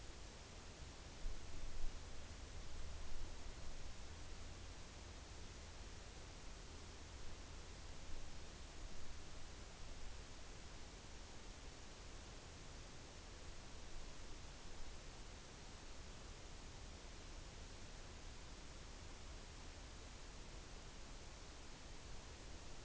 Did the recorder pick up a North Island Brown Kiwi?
no